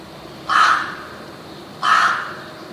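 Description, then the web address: Rook calls: two harsh, hoarse caws about 1.4 seconds apart, over faint background noise. "wroblowe ptaki gawron"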